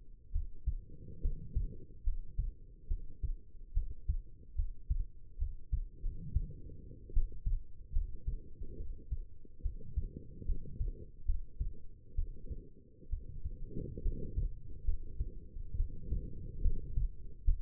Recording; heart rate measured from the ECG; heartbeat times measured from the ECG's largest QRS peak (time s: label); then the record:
heart sounds by stethoscope; 70 bpm
0.31 s: heartbeat
1.21 s: heartbeat
2.03 s: heartbeat
2.87 s: heartbeat
3.73 s: heartbeat
4.55 s: heartbeat
5.37 s: heartbeat
6.01 s: heartbeat
7.12 s: heartbeat
7.92 s: heartbeat
8.76 s: heartbeat
9.61 s: heartbeat
10.45 s: heartbeat
11.25 s: heartbeat
12.15 s: heartbeat
13.09 s: heartbeat
14.01 s: heartbeat
14.84 s: heartbeat
15.76 s: heartbeat
16.61 s: heartbeat
17.44 s: heartbeat
From the record:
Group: healthy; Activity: rest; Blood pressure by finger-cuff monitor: 108/71 mmHg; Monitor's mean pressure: 82 mmHg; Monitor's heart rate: 71 bpm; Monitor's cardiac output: 5.5 L/min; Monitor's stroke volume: 79 mL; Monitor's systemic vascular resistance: 1080 dyn s/cm5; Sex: female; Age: 22 years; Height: 171 cm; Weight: 65.6 kg